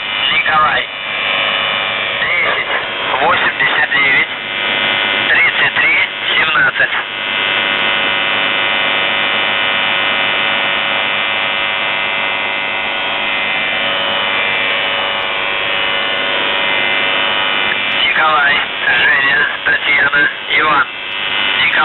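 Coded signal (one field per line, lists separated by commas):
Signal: channel marker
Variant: UVB-76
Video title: The Buzzer/UVB-76(4625Khz) May 18th, 2023 Voice messages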